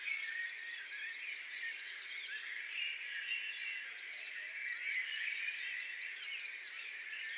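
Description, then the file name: Great tit song in two bouts, each a quick, steady run of bright repeated high notes, separated by a short pause with background hiss. "Parus major"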